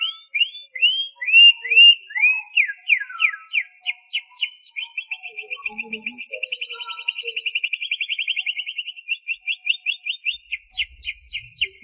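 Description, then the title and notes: Canary song: a series of rising whistled notes, then a dense buzzy trill, then quick repeated sweeping notes; faint low thumps near the end. "BM Suara Kenari. BM Suara Burung Kenari"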